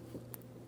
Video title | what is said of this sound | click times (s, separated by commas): How to Replace Valve Covers 2007-2014 Ford Edge 3.5L | Audible click. Lock it in with the red locking tab. | 0.3 s